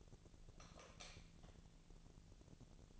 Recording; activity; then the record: daily activity, microphone in the room; light off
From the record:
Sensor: 4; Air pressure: 1000.9 hPa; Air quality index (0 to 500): 121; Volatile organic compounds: 1 ppm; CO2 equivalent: 912 ppm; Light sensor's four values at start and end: 34/86/35/39 and 31/76/32/34